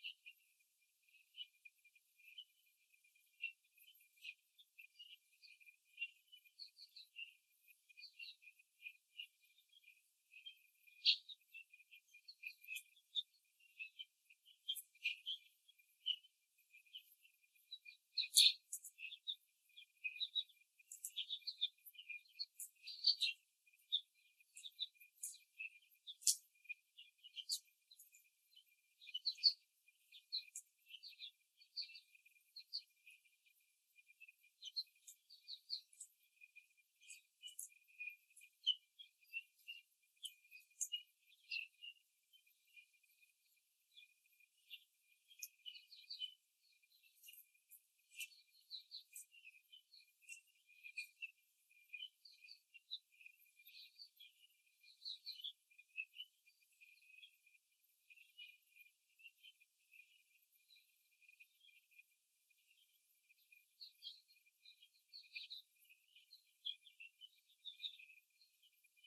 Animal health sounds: young laying hens in a cage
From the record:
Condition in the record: before the stressor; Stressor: simulated dog barking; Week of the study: 3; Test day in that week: 2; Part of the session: 4

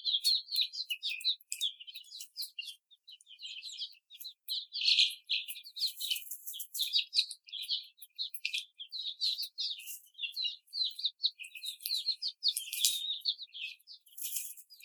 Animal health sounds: young laying hens in a cage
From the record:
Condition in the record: after the stressor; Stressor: simulated dog barking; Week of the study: 4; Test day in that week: 2

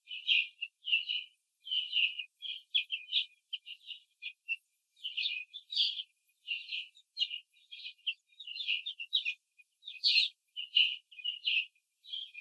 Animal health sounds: young laying hens in a cage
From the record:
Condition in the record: control cage, after the stress test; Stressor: none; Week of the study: 4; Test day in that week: 3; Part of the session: 2

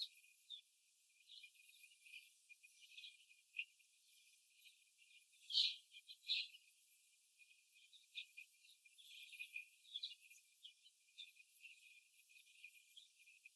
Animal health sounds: young laying hens in a cage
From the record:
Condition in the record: after the stressor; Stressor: simulated dog barking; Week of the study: 1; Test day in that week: 2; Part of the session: 2

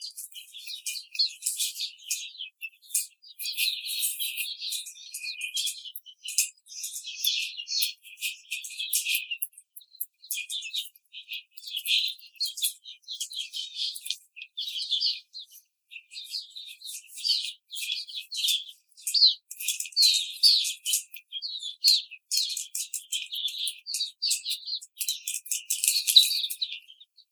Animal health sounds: young laying hens in a cage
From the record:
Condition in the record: treatment cage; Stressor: simulated dog barking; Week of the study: 5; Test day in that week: 1

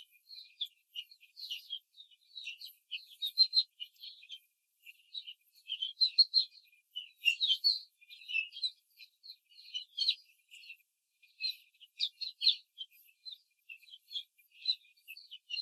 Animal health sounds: young laying hens in a cage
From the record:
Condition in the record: control cage, before the stress test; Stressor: none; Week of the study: 4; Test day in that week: 1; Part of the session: 3

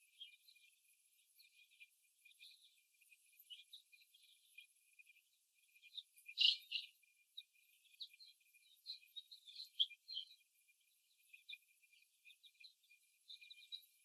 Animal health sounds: young laying hens in a cage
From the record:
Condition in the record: before the stressor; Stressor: simulated dog barking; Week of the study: 1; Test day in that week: 1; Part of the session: 3

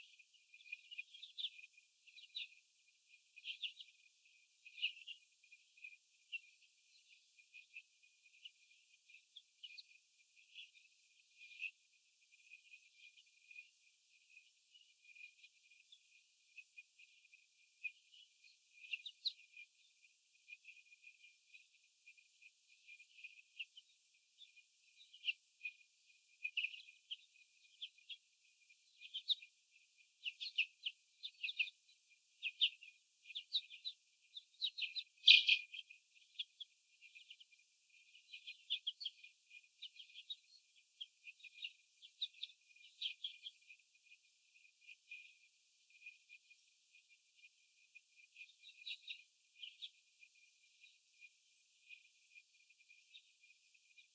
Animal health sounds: young laying hens in a cage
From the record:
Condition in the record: after the stressor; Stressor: sudden umbrella opening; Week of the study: 3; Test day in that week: 2

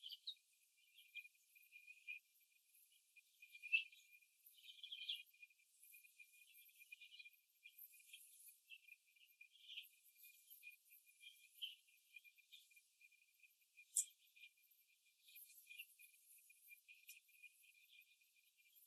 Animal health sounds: young laying hens in a cage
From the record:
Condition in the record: after the stressor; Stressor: simulated dog barking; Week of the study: 2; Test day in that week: 2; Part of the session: 4

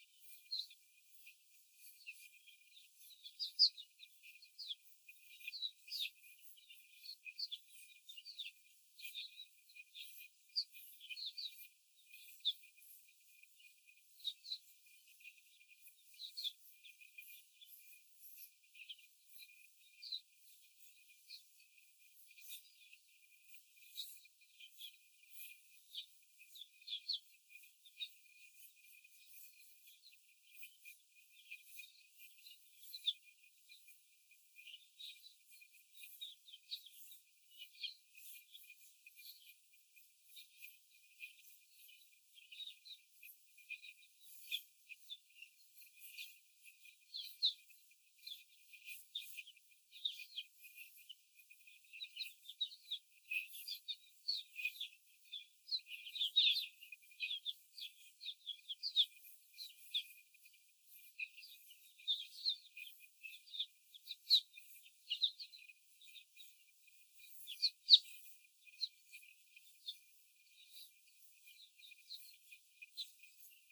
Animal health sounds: young laying hens in a cage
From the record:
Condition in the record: before the stressor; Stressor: simulated dog barking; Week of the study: 4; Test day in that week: 1

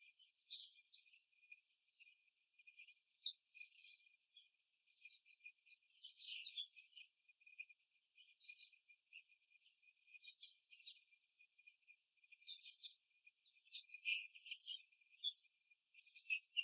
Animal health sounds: young laying hens in a cage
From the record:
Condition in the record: before the stressor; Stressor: simulated dog barking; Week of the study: 3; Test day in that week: 1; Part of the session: 1

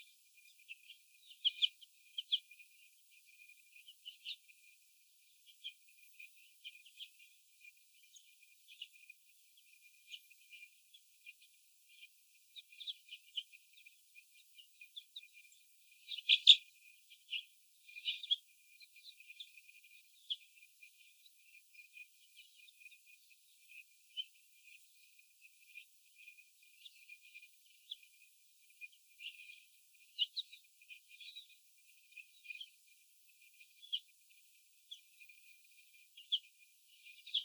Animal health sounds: young laying hens in a cage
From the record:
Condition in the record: after the stressor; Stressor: sudden umbrella opening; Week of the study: 2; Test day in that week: 1

